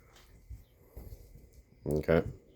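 A bezel lock on a dial indicator is handled as the bezel is turned before it locks into place, giving faint, soft handling noises. Someone talks briefly near the end. Nothing has seated or clicked yet.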